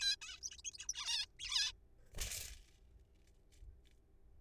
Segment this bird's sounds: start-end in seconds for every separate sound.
0.01-0.16, 0.22-0.40, 0.43-0.50, 0.51-0.56, 0.59-0.61, 0.65-0.70, 0.74-0.77, 0.78-0.87, 0.89-1.25, 1.40-1.72, 3.53-3.60